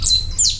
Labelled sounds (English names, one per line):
Stitchbird song